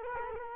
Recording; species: mosquito wingbeat signal from an infrared sensor; Culex quinquefasciatus